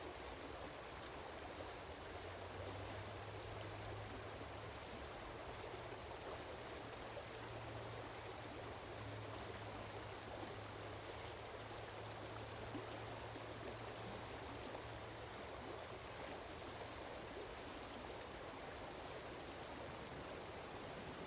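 A river rushes steadily, a dense, even wash of moving water filling everything from low to bright with no pauses. A faint low hum drifts through the middle stretch, from about two to fifteen seconds, like an engine.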